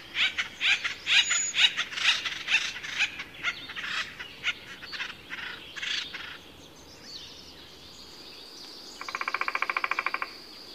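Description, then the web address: Acorn woodpecker raspy, repeated calls for about six seconds, then a pause of about three seconds and a fast, even, pulsed trill near the end. Common western North American bird. "Songs of Birds of North America Know Your Bird Sounds Common Western Species. Acorn Woodpecker"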